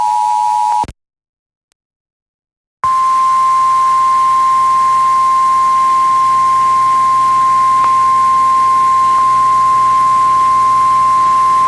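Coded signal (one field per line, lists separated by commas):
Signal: Emergency Alert System (SAME) tones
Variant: 853 and 960 Hz attention tone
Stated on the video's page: Tornado emergency relayed on WKVP-FM 106.9; audio quality poor due to recording method.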